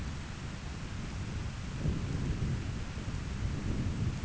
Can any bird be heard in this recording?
no